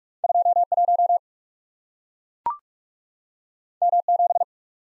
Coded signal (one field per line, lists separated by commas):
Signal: Morse code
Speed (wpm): 44 wpm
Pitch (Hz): 700 Hz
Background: none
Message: 2 1 M 7